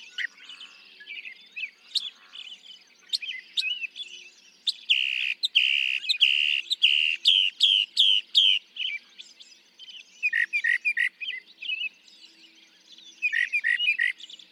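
Northern mockingbird song, a varied run of high buzzy and whistled phrases, with a loud stretch of repeated harsh notes in the middle and more phrases near the end.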